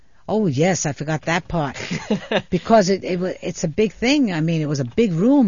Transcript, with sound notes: Oh, yes! I forgot that part, (they laugh) because it is a big thing, I mean, it was a big room.